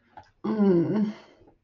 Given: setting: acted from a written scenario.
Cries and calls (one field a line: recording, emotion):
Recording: vocal sound without words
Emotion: desire